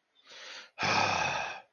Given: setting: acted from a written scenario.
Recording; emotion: vocal sound without words; anger